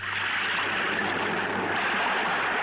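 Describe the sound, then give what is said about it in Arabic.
A continuous, even wash of rushing water, like sea surf, holds a steady hiss at constant loudness with no distinct breaking surges, and a low hum runs underneath. No one speaks. “وسمعتك يا بحر بتعيد الذكريات من تاني”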